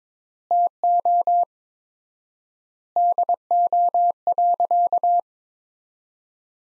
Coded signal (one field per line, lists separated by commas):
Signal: Morse code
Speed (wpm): 22 wpm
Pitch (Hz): 700 Hz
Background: none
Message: TO DO.